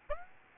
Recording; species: mosquito wingbeat signal from an infrared sensor; Aedes aegypti